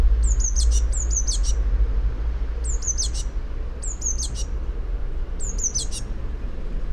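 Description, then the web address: Eurasian blue tit singing thin, high slurred notes followed by rapid trills in several bursts, with a low rumble underneath. "fugl b-mejse"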